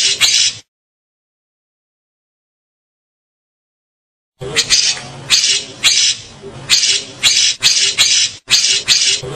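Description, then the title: Grey-cheeked bulbul with one harsh burst, then a long silence, followed by a run of rapid, buzzy, scratchy notes repeated roughly twice a second. "Kicau Burung Cucak Jenggot"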